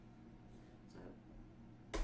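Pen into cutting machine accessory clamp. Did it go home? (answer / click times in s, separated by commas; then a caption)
yes / 1.9 s. A plastic pen is pressed down into the accessory clamp of a Cricut Explore Air 2 cutting machine. After a low, steady background hum, a sharp broadband click rings out at 1.9 s as the pen seats in the clamp holder. Someone talks about clicking it down and closing the clamp.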